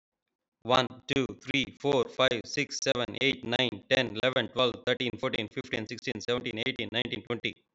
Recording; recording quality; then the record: counting at a fast pace; excellent, no background noise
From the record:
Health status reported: healthy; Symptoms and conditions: diabetes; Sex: male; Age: 39 years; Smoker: not ticked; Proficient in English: yes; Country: India